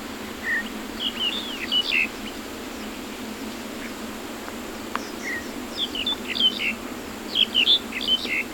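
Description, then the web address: Black-collared starling calls: clusters of short, squeaky, chattering notes in quick bursts, with a gap midway and a livelier run near the end, over a steady background hiss. Mai Po, Hong Kong. "Black Collared Starling Hong Kong Mai Po. etourneau a cou noir sturnus nigricollis"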